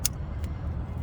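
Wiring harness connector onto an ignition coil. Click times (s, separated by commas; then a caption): 0.1 s. On a 1992 Nissan Maxima SE with the VE30DE engine (3rd generation), the wiring harness connector is pushed onto a new ignition coil during a coil plug replacement. Its locking clip snaps in with a sharp click at 0.1 s, followed by a fainter tick at about 0.4 s, over a steady low rumble. The connector is seated.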